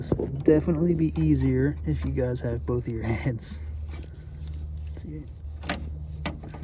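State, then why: Seated. Someone talks while a purge solenoid on a Dodge 2.4L engine, being diagnosed for codes P0443, P0455 and P0441, is slid onto its small plastic mounting bracket in the engine bay over a steady low hum. A few faint taps are followed by a sharp click at 6.3 s as the solenoid seats in place on the bracket.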